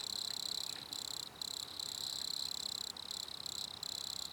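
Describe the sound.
Cricket trilling in a steady, high-pitched buzzing stream, broken by several brief, irregular pauses.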